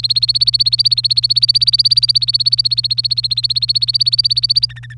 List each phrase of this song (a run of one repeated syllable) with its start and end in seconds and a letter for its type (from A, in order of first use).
0.00-4.66 A, 4.69-4.94 B